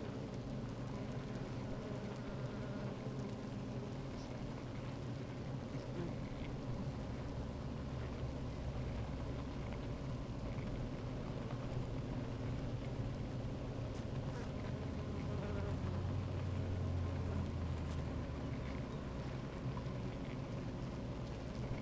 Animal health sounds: honeybee colony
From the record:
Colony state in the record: active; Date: 28 July 2017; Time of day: 15:55

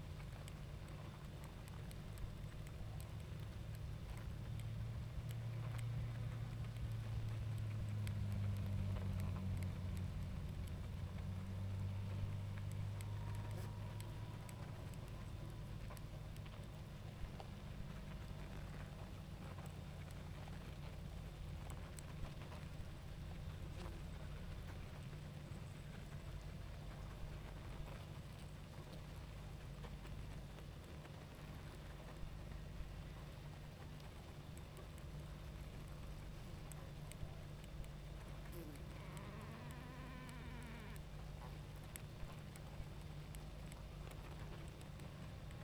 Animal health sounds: honeybee colony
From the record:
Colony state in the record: active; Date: 28 July 2017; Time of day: 20:45

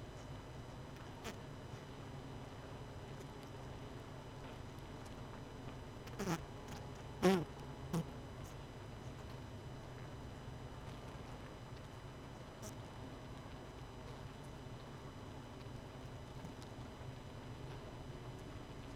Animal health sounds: honeybee colony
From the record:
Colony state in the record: missing queen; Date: 31 May 2018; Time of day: 19:16

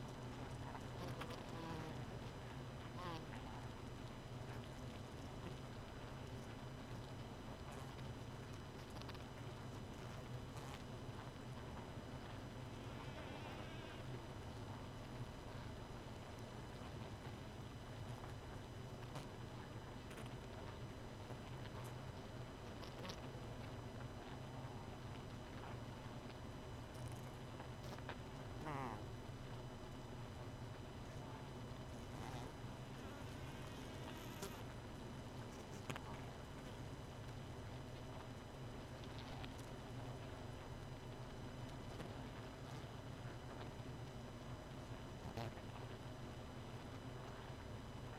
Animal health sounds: honeybee colony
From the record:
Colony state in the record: missing queen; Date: 31 May 2018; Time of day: 2:28

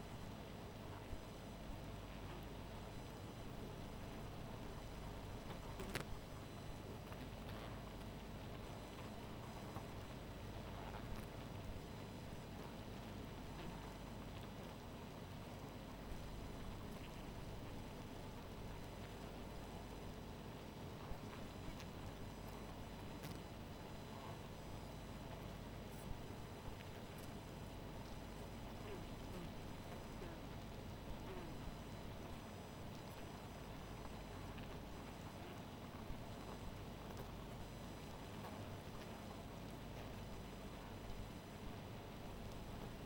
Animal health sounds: honeybee colony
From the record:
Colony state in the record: missing queen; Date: 14 July 2017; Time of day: 0:43

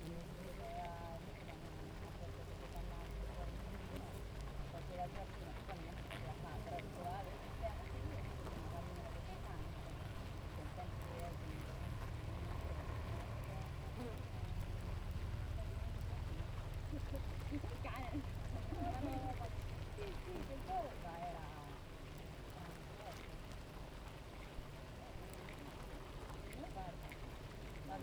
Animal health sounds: honeybee colony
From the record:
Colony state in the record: active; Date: 28 July 2017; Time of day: 7:36

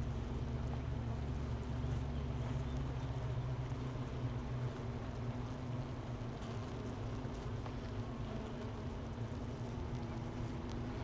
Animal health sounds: honeybee colony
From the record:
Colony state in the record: missing queen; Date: 31 May 2018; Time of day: 10:27

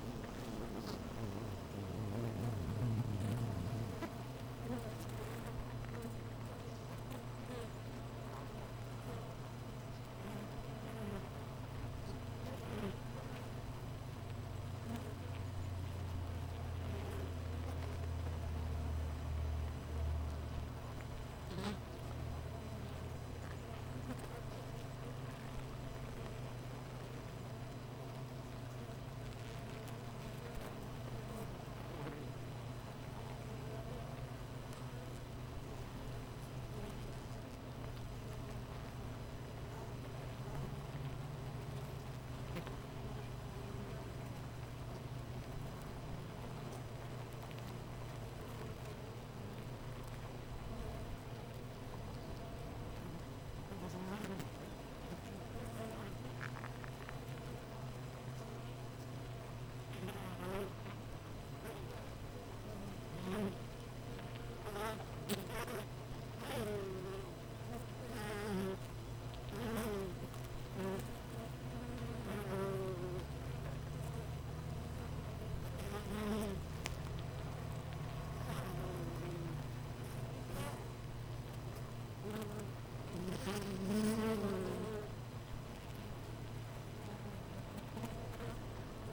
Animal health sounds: honeybee colony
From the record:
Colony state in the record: missing queen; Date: 14 July 2017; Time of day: 8:03

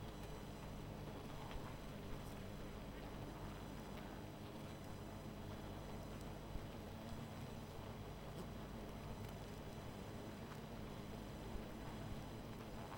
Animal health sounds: honeybee colony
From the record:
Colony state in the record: missing queen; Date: 14 July 2017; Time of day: 20:05

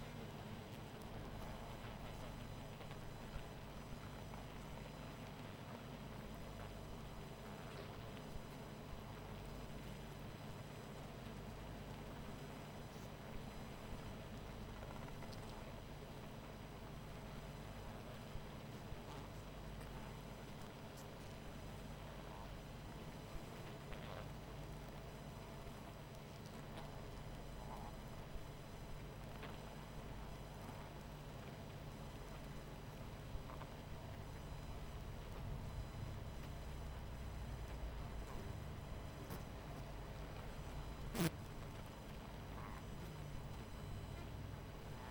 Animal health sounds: honeybee colony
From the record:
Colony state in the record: missing queen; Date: 14 July 2017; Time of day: 22:00

